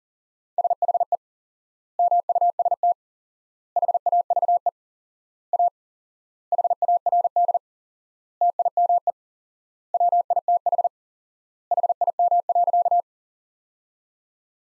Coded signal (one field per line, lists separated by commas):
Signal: Morse code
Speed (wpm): 40 wpm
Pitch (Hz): 700 Hz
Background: none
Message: SHE MUST HAVE A HARD TIME WITH HIM.